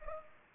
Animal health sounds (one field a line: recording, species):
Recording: mosquito wingbeat signal from an infrared sensor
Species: Culex pipiens